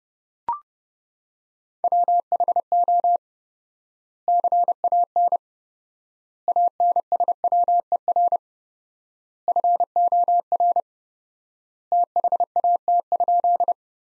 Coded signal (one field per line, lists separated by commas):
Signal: Morse code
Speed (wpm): 32 wpm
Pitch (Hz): 700 Hz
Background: none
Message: WHO CAN ANSWER FOR THAT?